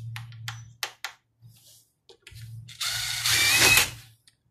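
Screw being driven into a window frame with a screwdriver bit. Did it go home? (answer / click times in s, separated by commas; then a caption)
no / 0.2 s, 0.5 s, 0.8 s, 1.0 s. A PH2 screwdriver bit driving a screw into a window frame slips in the screw head, giving sharp slipping clicks at 0.2, 0.5, 0.8 and 1.0 s over a low hum, followed by a louder, sustained broadband whirring from about 2.8 to 4.0 s. The bit cams out and the screw does not tighten, stripped because the screw needs a PZ2 bit rather than a PH2.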